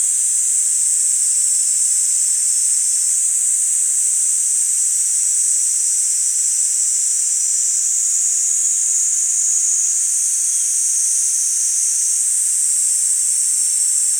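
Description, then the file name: Kaempfer cicada song: a continuous, shrill, hissing buzz held steadily high, with slight shifts in pitch partway through and no pauses. "Platypleura kaempferi"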